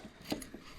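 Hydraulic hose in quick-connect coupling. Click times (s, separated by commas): 0.3 s, 0.4 s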